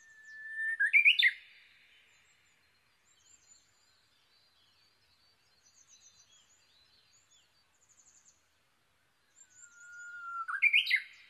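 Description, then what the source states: Japanese bush warbler song heard twice, each a clear whistle ending in a quick loud flourish, separated by quiet gaps with soft chirping from other birds. Recorded on 22 May 2011 at 05:43.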